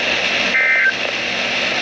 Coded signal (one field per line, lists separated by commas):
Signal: Emergency Alert System (SAME) tones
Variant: end-of-message bursts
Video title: I regret calling this event a bust | EAS Alerts From 2/22/2023 (EAS #1,830-1,849)